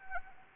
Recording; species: mosquito wingbeat signal from an infrared sensor; Anopheles gambiae